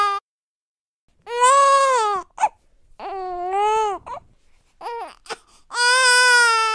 Newborn baby crying.